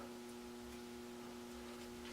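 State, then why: Not seated. A Berdan primer is pressed into the primer pocket of a brass Berdan rifle case with a hand priming tool, but the primer does not go in. Only a quiet, steady hum with low background noise is heard, with no sharp sounds. Nothing has seated or clicked yet.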